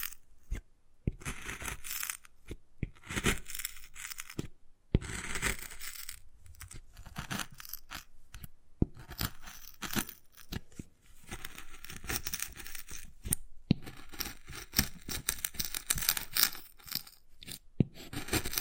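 Wood carving fills the stretch with dense, irregular scraping and scratching, bursts of rough bright grinding broken by brief pauses. Sharp taps and clicks land every second or so, with a few harder knocks near 1, 5 and 13.5 seconds.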